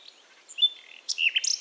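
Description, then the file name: Common nightingale song: a short fragment of thin whistles followed by a burst of rich, sharp notes near the end. "Luscinia megarhynchos"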